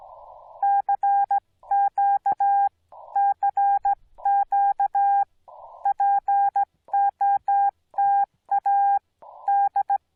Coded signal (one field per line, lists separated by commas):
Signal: Morse code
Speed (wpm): 16 wpm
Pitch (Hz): 800 Hz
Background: none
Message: CQ CQ POTA D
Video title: Angels Landing Activation: Morse Code Radio Ops With Minimal Edits